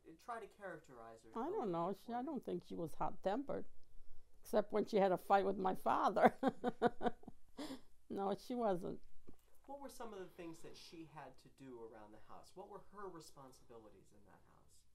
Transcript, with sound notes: Try to characterize her.
I don't know. I don't think she was hot tempered, except when she had a fight with my father. ( she laughs ) No, she wasn't.
What were some of the things that she had to do around the house? What were her responsibilities in that house?